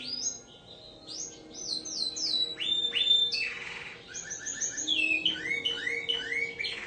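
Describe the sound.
Bird song of varied slurred whistles, a harsh rasping burst, and quick repeated chips.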